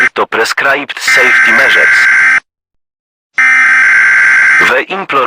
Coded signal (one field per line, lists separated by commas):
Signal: Emergency Alert System (SAME) tones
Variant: header bursts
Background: speech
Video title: EAS SCENARIO-THE INFECTED